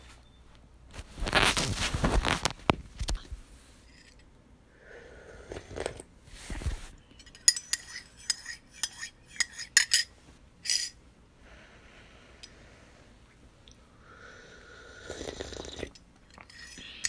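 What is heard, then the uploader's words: Someone eats and sips hot tea. A loud slurping sip rushes through around two seconds, with another near six and one more near fifteen, while crisp clicks, crinkles and small chewing sounds scatter between them over a near-silent background. Heat up a cheeseburger and sip on some very hot tea.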